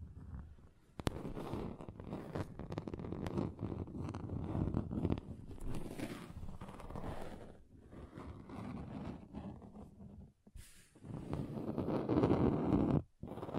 Table Scratching Different Surfaces